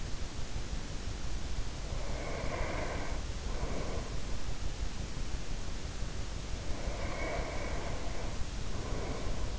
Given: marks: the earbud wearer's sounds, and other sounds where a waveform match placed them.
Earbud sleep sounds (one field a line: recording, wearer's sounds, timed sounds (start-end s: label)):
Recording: sounds in sleep by an in-ear microphone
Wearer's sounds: breath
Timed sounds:
1.77-4.27 s: breath
6.41-9.59 s: breath